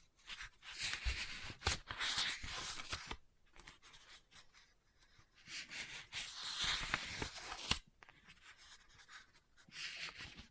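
Scratching and rubbing on a book, in bursts of dense, hissy rasping with sharp ticks and taps scattered through. Louder stretches fill roughly the first three seconds, 5.5 to 8 seconds, and the last second, with quieter soft shuffling in between.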